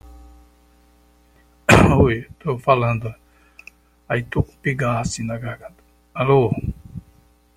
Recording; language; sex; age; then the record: short text; Brazilian Portuguese; male; 60 to 69 years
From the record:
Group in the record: control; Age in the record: 62 years